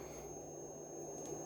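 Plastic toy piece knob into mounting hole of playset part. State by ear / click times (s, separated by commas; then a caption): not seated / none. Plastic pieces of a Playmobil Dino Rise set 70624 are being handled so that a small knob on a toy piece lines up to push through the mounting hole of a playset part. Only a steady low hum and faint background noise are heard, with no sharp sounds. Nothing has seated or clicked yet.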